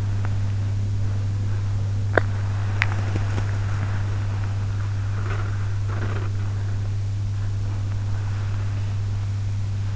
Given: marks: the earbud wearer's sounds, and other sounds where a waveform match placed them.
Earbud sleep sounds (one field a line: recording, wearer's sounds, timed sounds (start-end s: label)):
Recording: sounds in sleep by an in-ear microphone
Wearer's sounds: body movement, teeth grinding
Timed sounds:
0.00-6.38 s: body movement
2.12-3.48 s: teeth grinding